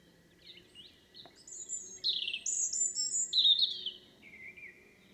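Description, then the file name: European robin singing a varied run of thin, high warbled phrases, some sliding downward, with a faint steady tone and low background rumble underneath. "Erithacus rubecula"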